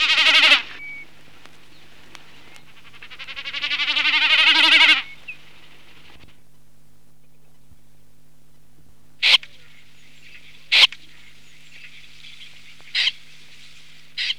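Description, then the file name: Common snipe with a loud rasp, then a rapid throbbing series building in volume, silence, and four further harsh scratchy calls spaced irregularly. "BECCACCINO"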